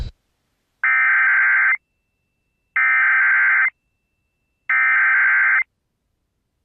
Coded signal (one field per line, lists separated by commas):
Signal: Emergency Alert System (SAME) tones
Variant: header bursts